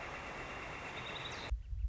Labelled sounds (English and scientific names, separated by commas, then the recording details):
Northern Flicker (Colaptes auratus)
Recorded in Sonoma County, California